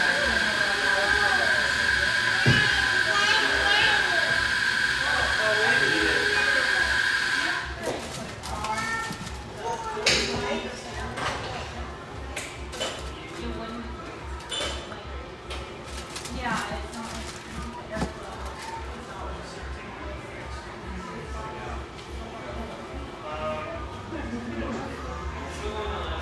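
Café murmur of overlapping voices, with a steady hiss and bright clatter for the first seven seconds, then softer chatter and scattered clinks.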